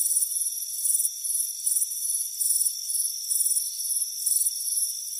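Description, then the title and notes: Crickets sounding high pulsed chirps in repeated bursts, backed by an unbroken shrill insect hum. Crickets chirping on a warm afternoon on a front porch. "Soothing Crickets Chirping Sound. It's a warm afternoon as you relax in a hammock on the front porch. Relax and fall asleep to the soothing sound of chirping crickets. Deep Sleep Sounds"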